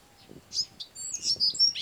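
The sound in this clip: Bewick's wren song fragment, brief thin high notes and scratchy chips in a quick jumble.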